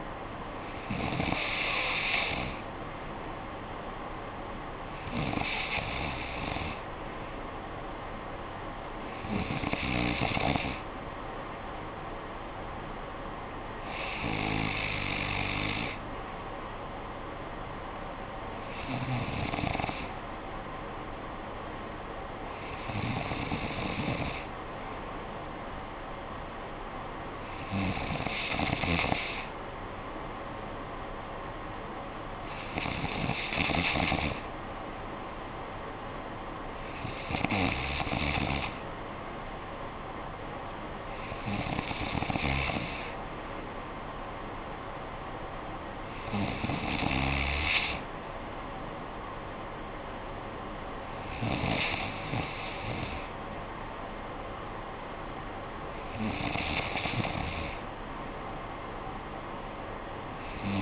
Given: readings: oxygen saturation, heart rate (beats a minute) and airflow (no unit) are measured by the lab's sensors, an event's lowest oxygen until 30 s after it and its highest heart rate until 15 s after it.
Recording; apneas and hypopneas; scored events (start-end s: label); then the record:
breathing in sleep by a voice recorder at the bedside; none
none scored
From the record:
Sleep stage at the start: N3 (deep sleep); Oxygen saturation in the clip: 93 to 94%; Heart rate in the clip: 55 to 62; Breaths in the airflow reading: 13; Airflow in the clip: -8.8 to 5.5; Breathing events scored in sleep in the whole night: 445 in 7.6 hours asleep